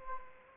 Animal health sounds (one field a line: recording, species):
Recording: mosquito wingbeat signal from an infrared sensor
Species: Anopheles arabiensis